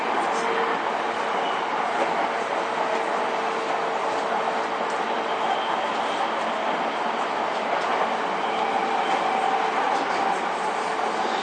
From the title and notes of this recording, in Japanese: JRE231系 伊東〜横浜。区間は伊東線→東海道線です。